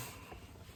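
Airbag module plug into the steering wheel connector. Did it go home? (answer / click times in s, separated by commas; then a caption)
no / none. An airbag module plug is lined up and handled at the steering wheel connector of a 2007–2011 Silverado/Sierra during a steering wheel emblem swap. Only a low rumble and faint broadband hiss are heard, with no sharp transients. Nothing has seated or clicked yet.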